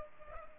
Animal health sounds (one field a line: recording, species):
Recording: mosquito wingbeat signal from an infrared sensor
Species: Culex pipiens